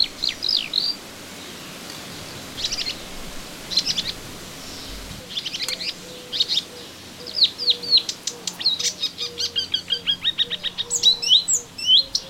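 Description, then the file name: Melodious warbler song, at first scattered high chirps, then a quickening run of rapid, varied twittering notes; soft low whistles sound in the background. Recorded in a garden on 25 June 2017. "Orpheusspötter 2017 06 25 Garten"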